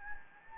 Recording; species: mosquito wingbeat signal from an infrared sensor; Anopheles gambiae